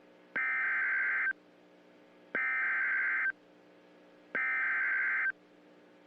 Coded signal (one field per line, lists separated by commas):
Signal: Emergency Alert System (SAME) tones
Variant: header bursts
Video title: Emergency Alerts Around the World (Sound Warning)